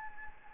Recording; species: mosquito wingbeat signal from an infrared sensor; Anopheles gambiae